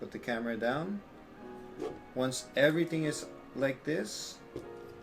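Someone talks while a camera on its quick-release plate is handled over a budget portable gimbal's mounting bracket, lined up with the bracket's grooves before being pushed down. Nothing has seated or clicked into the mount yet.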